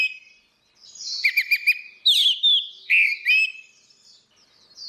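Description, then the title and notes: Orange-headed thrush song: varied whistled phrases mixing rapid stuttering notes with sweeping slurs. Continuous singing (ngeplong) recording made for training other birds (masteran). "Suara Burung Anis Merah Ngeplong. Masteran Anis Kembang"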